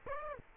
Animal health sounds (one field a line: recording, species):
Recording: mosquito wingbeat signal from an infrared sensor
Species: Aedes aegypti